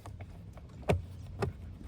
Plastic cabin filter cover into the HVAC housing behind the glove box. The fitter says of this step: And once you hear that click, it's good to go.